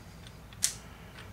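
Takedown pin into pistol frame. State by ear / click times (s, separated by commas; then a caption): seated / 0.6 s. A takedown pin is pushed into the frame of a Ruger SR9c compact semi-auto pistol during reassembly. Two faint ticks at about 0.3 and 0.5 seconds lead to a sharp, bright snap at 0.6 seconds as the pin seats in place over a low steady hum.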